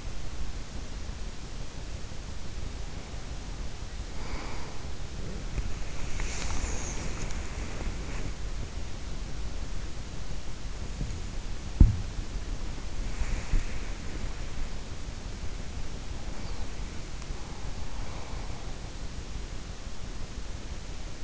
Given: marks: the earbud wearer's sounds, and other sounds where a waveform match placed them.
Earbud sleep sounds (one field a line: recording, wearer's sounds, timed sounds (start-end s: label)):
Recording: sounds in sleep by an in-ear microphone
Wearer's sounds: body movement, breath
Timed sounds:
1.29-21.24 s: body movement
2.61-4.94 s: breath
16.07-18.79 s: breath